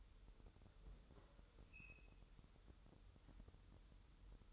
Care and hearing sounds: daily activity, microphone in the room; open fridge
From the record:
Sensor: 3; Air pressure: 988.4 hPa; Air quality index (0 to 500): 194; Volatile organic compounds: 297 ppm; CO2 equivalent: 4475 ppm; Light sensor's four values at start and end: 24/76/32/27 and 24/76/32/27

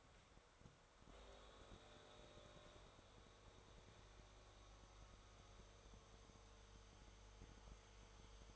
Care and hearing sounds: daily activity, microphone in the room; make coffee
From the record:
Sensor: 3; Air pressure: 1014.7 hPa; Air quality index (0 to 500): 189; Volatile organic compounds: 20 ppm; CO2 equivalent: 2702 ppm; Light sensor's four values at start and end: 5/12/4/4 and 5/12/4/4

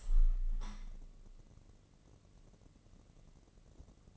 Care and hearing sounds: daily activity, microphone in the room; open window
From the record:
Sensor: 4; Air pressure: 1013.2 hPa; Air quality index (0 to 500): 172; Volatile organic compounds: 2 ppm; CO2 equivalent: 1085 ppm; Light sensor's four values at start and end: 78/192/80/81 and 73/176/74/76

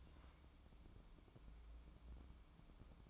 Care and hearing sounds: daily activity, microphone in the room; take from stove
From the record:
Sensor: 1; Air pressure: 1008.1 hPa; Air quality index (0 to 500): 131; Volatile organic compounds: 2 ppm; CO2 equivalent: 1104 ppm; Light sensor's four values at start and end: 8/18/7/8 and 8/18/7/8

